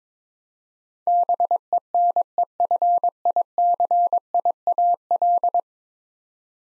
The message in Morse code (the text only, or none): BENEFICIAL